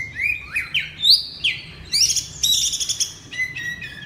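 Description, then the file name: Oriental magpie-robin singing a rapid run of sweeping whistles, rising and falling slurs, then a quick burst of bright trilled notes. Loud 'ngeplong' song style of the kacer. "suara kacer ngeplong keras"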